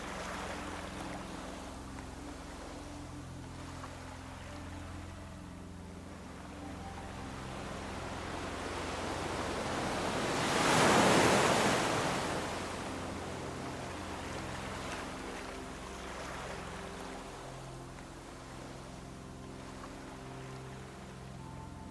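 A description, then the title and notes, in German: A wave rolls in and washes over the shore, swelling to a full hiss of surf around the eleventh second before easing back. Between swells the water murmurs softly, over a steady low rumble that sounds like an engine or boat. Rhythmus beruhigender Wellen, die sanft die Küsten streicheln.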